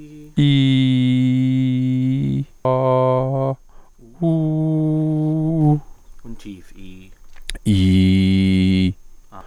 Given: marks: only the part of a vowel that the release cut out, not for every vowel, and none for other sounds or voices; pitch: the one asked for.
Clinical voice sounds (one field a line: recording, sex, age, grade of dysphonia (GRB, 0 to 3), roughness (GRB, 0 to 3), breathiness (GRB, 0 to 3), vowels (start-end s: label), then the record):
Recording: sustained vowels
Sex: male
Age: 40 to 49 years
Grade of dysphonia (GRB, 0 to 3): 1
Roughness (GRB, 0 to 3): 1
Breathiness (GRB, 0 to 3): 0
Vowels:
0.46-2.18 s: vowel /i/, high pitch
2.67-3.21 s: vowel /a/, high pitch
4.34-5.63 s: vowel /u/, high pitch
7.72-8.73 s: vowel /i/, low pitch
From the record:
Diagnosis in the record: gastroesophageal reflux disease, contact pachydermia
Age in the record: 43 years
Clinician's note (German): Z.B. verlängerte Schlußphase, beginnende Kontaktpachydermie (Gastrooesophagealer Reflux)